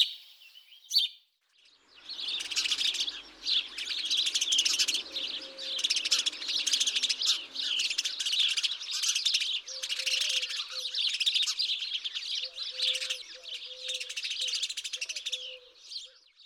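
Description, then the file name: House sparrows chirping: a dense, continuous chatter of high chirps, with a few short lower whistled notes. "Moineau domestique"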